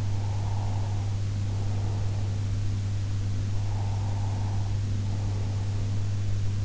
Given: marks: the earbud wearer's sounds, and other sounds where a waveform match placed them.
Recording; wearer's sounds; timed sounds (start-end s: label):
sounds in sleep by an in-ear microphone; breath
0.14-2.54 s: breath
3.65-6.20 s: breath